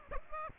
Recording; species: mosquito wingbeat signal from an infrared sensor; Aedes aegypti